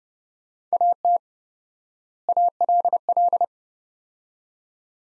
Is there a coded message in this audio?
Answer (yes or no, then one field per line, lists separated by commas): yes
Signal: Morse code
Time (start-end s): 0.7-3.4 s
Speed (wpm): 32 wpm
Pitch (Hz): 700 Hz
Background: none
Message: AT ALL